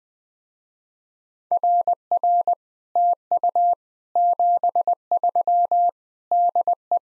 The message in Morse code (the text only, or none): RR TU 73 DE